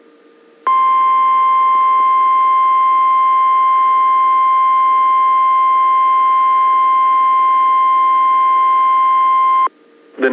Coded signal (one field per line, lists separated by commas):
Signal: Emergency Alert System (SAME) tones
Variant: 1050 Hz attention tone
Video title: Clearwater MN NOAA Weather Radio Severe Thunderstorm & Tornado Warning EAS WNG676 7 44 PM 5 12 2022